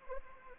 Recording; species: mosquito wingbeat signal from an infrared sensor; Anopheles arabiensis